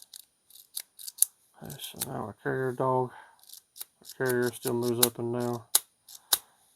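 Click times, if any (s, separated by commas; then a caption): 6.3 s. After refitting, the spring-loaded steel carrier dog in a GForce pump shotgun receiver snaps back into position at 6.3 s with a single sharp click as the carrier is moved up. Someone talks over light metallic clicks and handling beforehand. The carrier dog is seated and confirmed working.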